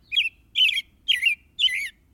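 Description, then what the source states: Robin calls: four harsh, squeaky chirps spaced about half a second apart, over a quiet background. A family of robins nested in a coiled cable hung near a welding rig.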